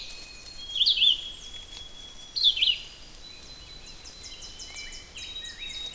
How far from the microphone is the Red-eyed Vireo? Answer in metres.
about 10 m